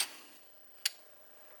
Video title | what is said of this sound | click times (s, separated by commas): Triple-T #213 - Compression Lock Folding Knife Build - Part 2 | can hear it click uh it locks up well the only issue is | 0.9 s